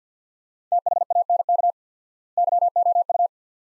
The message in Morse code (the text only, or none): THANK YOU